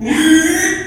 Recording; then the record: squeal of a Yucatan mini pig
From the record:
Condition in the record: after surgery on the right vocal fold (resection and tissue-engineered implant); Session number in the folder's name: 3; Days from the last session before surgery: 33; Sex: male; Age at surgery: 12 weeks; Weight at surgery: 13 kg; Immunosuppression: cyclosporine, prednisolone